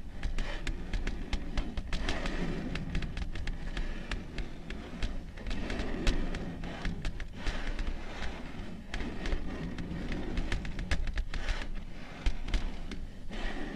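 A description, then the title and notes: Long nails tap and scratch in a steady, busy stream of sharp, bright clicks, with a soft low rumble running underneath throughout. Soothing and relaxing slow, rhythmic long nail tapping and scratching ASMR sounds.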